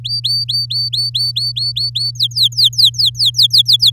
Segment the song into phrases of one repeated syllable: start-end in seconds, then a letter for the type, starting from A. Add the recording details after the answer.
0.04-2.11 A, 2.15-3.90 B. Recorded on 9 May 2018 at 12:37. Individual llb16